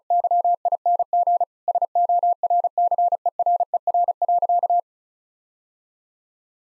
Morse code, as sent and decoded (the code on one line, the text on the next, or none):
-.-- .. -. --. / ... --- .-. -.-. . .-. . .-. .-.-.-
YING SORCERER.